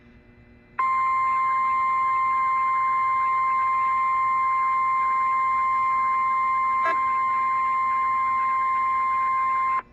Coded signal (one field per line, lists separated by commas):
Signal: Emergency Alert System (SAME) tones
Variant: 1050 Hz attention tone